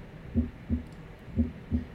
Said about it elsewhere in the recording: That low pitch sound that we're hearing before is an S4. So in an S4, you can hear that in somebody with hypertensive heart disease or a stiff ventricle.